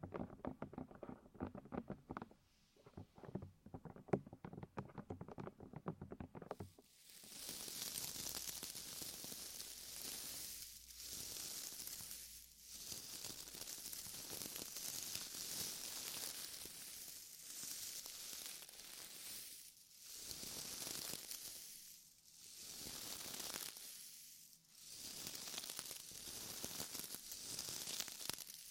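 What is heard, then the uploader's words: Deep ear massage sounds, opening with about six seconds of muffled, low crackling and tapping. Then bright, hissy rubbing and crinkling swells in, moving in steady strokes broken by short pauses every two to three seconds until the end. ASMR Sleep With Deep Ear Massage (No Talking).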